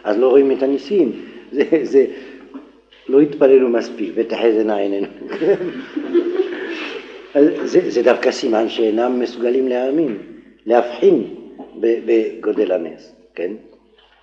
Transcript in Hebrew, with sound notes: אז לא רואים את הניסים? זה לא התפללו מספיק "ותחזינה עיננו" [צחוק]. זה דווקא סימן שאינם מסוגלים להאמין, להבחין בגודל הנס, כן.